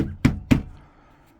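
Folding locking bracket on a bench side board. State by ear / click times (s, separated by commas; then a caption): seated / 0.2 s, 0.5 s. Add-on elbow boards on a homemade shooting bench are lifted on their folding locking brackets at the bench's side board. Two solid knocks ring out at 0.3 s and 0.5 s as the brackets lock into place, then the sound fades to quiet.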